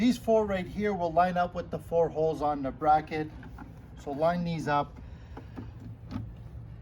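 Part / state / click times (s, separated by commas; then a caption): lawn sprinkler device feet onto steel mounting bracket / not seated / none. Someone talks while lining up the four feet of an OtO Lawn smart sprinkler device with the four holes of the steel bracket that mounts onto a fence, before pushing it into place. Two faint, brief handling sounds occur near 5.4 s and 5.6 s. Nothing has seated or clicked yet.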